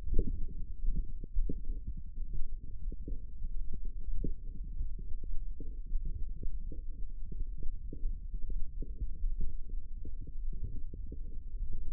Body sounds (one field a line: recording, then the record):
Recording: forearm muscle sounds (acoustic myography)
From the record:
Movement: forearm supination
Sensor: system 1, eight BSWA MPA416 microphones around the upper forearm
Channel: 8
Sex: male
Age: 23 years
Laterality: right